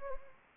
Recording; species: mosquito wingbeat signal from an infrared sensor; Anopheles gambiae